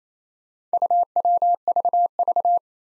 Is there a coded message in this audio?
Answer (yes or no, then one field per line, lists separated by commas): yes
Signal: Morse code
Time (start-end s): 0.7-2.6 s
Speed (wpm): 27 wpm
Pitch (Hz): 700 Hz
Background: none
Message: UWVV